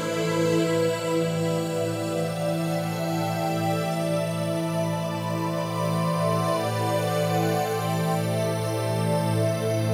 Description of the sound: Sound oasis tinnitus therapy. 1k 10k drthompson.